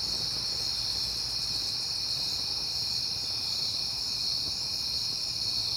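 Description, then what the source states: Crickets trill continuously at a high pitch and an even level throughout, with a soft low hum beneath. Crickets recorded at night in September, on a peaceful night.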